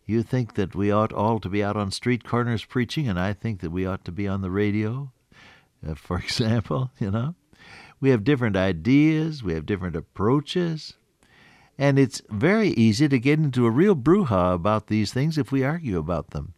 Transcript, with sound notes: You think that we ought all to be out on street corners preaching, and I think that we ought to be on the radio, [chuckle] for example, you know? We have different ideas, we have different approaches, and it’s very easy to get into a real bru-ha about these things if we argue about them.